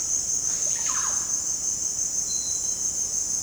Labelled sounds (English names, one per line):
none